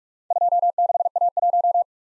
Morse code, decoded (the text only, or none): 26A1